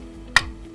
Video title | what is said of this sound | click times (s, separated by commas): The JOY of BRICKING with BRICK ROSS - LEGO 76237 SANCTUARY II | of that sound click sign in and there he is how about that Thanos is in | 0.4 s